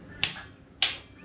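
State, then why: Torque reached. A click-type torque wrench set near 95 is pulled on a main bearing cap bolt of a Ford 351 Cleveland engine block to check how tight the mains were. The bolt turns slightly, then the wrench gives a sharp click at 0.2 s, showing the bolt was at about 95. A second sharp click-like sound follows at 0.8 s.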